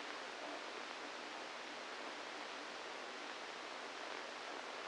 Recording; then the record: brain microelectrode recording played as sound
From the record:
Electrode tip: inside the subthalamic nucleus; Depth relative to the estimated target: -1 mm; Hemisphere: left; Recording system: NeuroSet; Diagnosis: Parkinson's disease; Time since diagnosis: 27 years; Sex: male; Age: 62 years